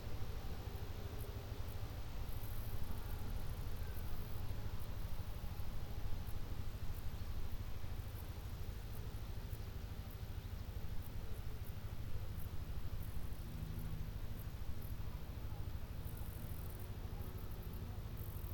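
Country sounds made of a steady, dense wash with a strong low rumble, like a vehicle idling or passing, that holds level throughout. Faint high ticking and chirping flickers on top, thickening briefly around three, thirteen and sixteen seconds.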